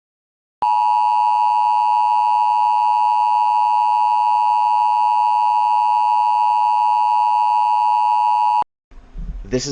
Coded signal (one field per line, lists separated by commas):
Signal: Emergency Alert System (SAME) tones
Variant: 853 and 960 Hz attention tone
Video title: An EAS Scenario - Arachnothuella